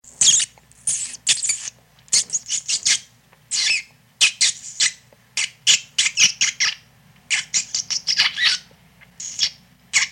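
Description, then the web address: Rat squeaks: loud, harsh, high-pitched squeals in rapid irregular bursts, each lasting a fraction of a second, with short pauses between groups, over a faint low hum. "animal rat"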